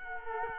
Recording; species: mosquito wingbeat signal from an infrared sensor; Culex quinquefasciatus